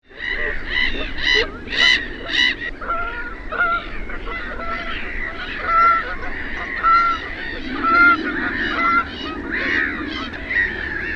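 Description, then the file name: Canada goose flock honking continuously, many overlapping nasal honks in loose, irregular bursts. "KANADANHANHI"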